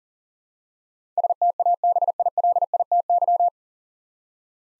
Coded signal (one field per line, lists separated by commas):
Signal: Morse code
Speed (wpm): 40 wpm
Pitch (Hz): 700 Hz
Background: none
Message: STABILITY